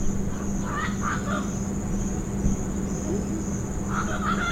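Bird calls: two short bursts of chirpy notes early on, then another cluster near the end, over a steady low hum and faint high whine.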